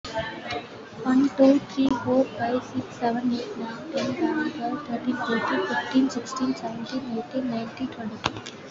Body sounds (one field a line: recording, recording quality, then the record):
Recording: counting at a fast pace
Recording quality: excellent, no background noise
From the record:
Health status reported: respiratory illness, not identified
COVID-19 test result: negative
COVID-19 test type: RT-PCR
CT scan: not taken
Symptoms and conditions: cough, cold, breathing difficulty, asthma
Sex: female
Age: 20 years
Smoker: no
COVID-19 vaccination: one dose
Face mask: worn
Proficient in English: yes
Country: India